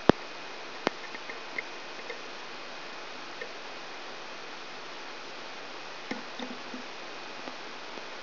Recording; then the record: brain microelectrode recording played as sound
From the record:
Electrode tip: outside the subthalamic nucleus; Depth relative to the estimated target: 4 mm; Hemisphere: left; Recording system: AlphaMap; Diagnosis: Parkinson's disease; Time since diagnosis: 19 years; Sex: female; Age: 64 years